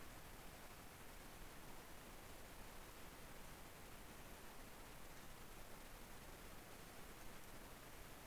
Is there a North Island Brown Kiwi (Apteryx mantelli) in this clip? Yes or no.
no